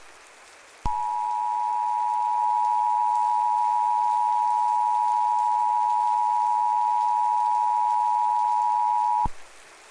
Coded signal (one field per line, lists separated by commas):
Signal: Emergency Alert System (SAME) tones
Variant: 853 and 960 Hz attention tone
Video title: EAS Simulation: The Fallout Reckoning | Immersive Audio Drama | NO Ai